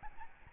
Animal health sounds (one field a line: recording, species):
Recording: mosquito wingbeat signal from an infrared sensor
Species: Aedes albopictus